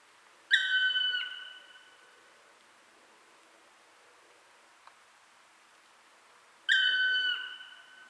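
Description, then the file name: Black woodpecker calls: two drawn-out, plaintive whistled notes, each held about a second with a slight drop at the end, separated by a long quiet gap. "Dryocopus martius"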